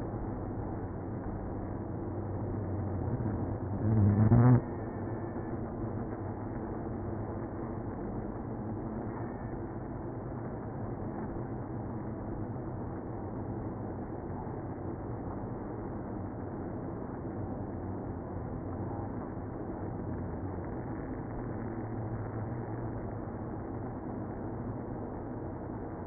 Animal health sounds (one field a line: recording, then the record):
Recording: honeybee colony, microphone inside the hive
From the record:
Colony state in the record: queenless (queen removed)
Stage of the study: after two queens were removed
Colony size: about 60,000 bees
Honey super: yes